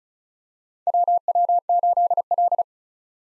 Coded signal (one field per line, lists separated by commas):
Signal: Morse code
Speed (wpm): 36 wpm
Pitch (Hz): 700 Hz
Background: none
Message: WW8L